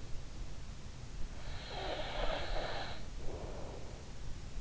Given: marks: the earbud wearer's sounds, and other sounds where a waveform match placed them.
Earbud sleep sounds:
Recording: sounds in sleep by an in-ear microphone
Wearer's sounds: snoring breath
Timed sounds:
1.53-3.97 s: snoring breath

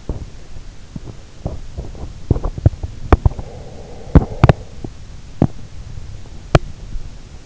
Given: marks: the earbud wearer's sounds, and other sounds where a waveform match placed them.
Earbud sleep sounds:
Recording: sounds in sleep by an in-ear microphone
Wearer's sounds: teeth grinding, breath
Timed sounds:
0.00-0.35 s: teeth grinding
0.85-3.29 s: teeth grinding
2.97-4.41 s: breath
4.03-5.62 s: teeth grinding
6.35-6.80 s: teeth grinding

